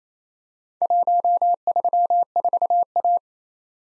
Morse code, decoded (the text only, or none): 134A